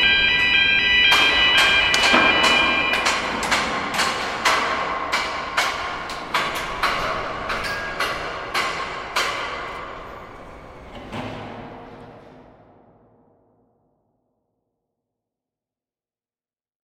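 Metallic clanks ring out at a construction site, sharp strikes arriving roughly every half second to a second for the first nine seconds over a ringing, resonant hum. One last bang lands near eleven seconds, then everything fades to silence by about thirteen seconds.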